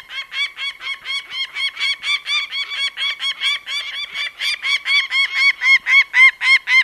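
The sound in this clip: Peregrine falcon's repeated harsh kak notes, a fast steady chatter of about four calls per second, growing louder toward the close.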